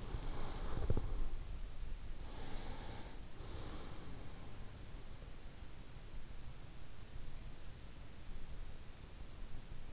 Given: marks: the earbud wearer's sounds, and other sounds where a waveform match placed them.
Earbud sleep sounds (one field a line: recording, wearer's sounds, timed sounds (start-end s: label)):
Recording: sounds in sleep by an in-ear microphone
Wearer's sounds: breath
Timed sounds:
0.00-1.85 s: breath
2.37-5.39 s: breath